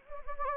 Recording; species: mosquito wingbeat signal from an infrared sensor; Anopheles gambiae